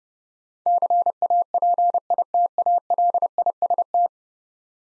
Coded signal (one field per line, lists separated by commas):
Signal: Morse code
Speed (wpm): 30 wpm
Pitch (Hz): 700 Hz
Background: none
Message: CAPITALIST